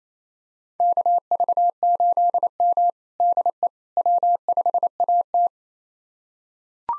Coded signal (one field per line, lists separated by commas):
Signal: Morse code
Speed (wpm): 27 wpm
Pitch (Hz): 700 Hz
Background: none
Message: KV8M DE W5AT